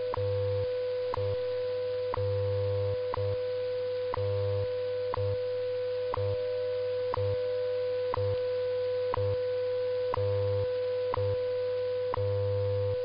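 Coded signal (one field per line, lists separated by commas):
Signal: radio time signal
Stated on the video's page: WWV and WWVH time signal stations received on 10 MHz; station IDs included.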